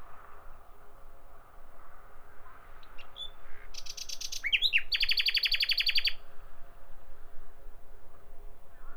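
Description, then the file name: Common nightingale song: a single phrase of quick repeated notes building into a loud, rapid, even trill, then quiet. "Nachtigall"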